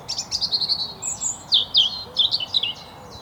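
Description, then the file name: European robin song, a rapid series of high, thin notes and short slurred phrases. "Erithacus rubecula"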